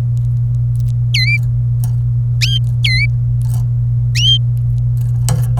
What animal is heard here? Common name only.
Domestic Canary